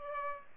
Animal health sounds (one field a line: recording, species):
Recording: mosquito wingbeat signal from an infrared sensor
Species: Aedes aegypti